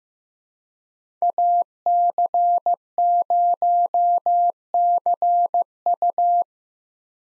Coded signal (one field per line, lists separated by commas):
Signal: Morse code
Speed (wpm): 15 wpm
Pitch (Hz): 700 Hz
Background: none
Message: AC0CU